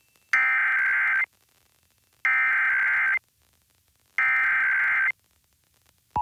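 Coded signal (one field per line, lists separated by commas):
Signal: Emergency Alert System (SAME) tones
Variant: header bursts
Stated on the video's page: Required monthly tests from Pennsylvania broadcast and TV stations.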